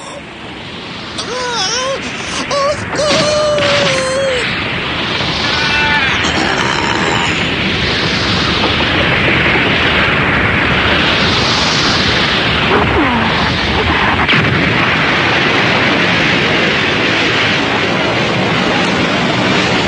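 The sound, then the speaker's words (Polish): A bomb blast erupts into a loud, sustained roaring rumble that fills the whole stretch, with a few brief high squeals at the start before the noise settles into a steady crackling boom. “Wybuchła jakaś bomba.”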